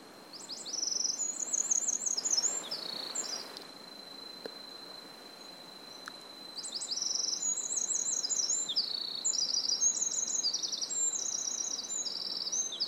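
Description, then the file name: Eurasian wren song in two loud bursts of rapid, high, rattling trills separated by a few quiet seconds, with a steady high-pitched whine in the background. "Troglodytes troglodytes"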